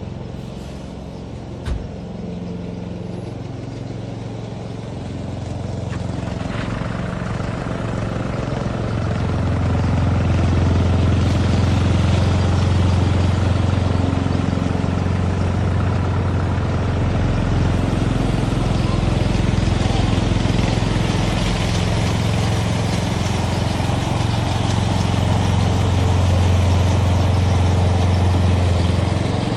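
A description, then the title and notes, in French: A lawn mower runs with a steady low engine drone that grows louder after about ten seconds, with a brief click near two seconds. Le doux ronronnement de la tondeuse à gazon. Le bruit de la tondeuse à gazon.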